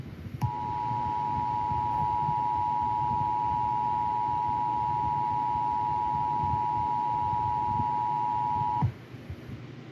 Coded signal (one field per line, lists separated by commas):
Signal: Emergency Alert System (SAME) tones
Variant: 853 and 960 Hz attention tone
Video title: JADE HELM EAS SCENARIO